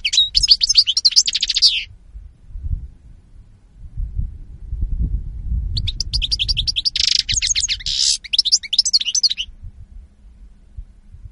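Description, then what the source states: European goldfinch twittering song in two separate bursts of rapid, tinkling notes with buzzy inserts, divided by several seconds of low rumbling background noise. Spanish goldfinch lure call (reclamo).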